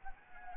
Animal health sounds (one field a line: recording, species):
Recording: mosquito wingbeat signal from an infrared sensor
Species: Anopheles arabiensis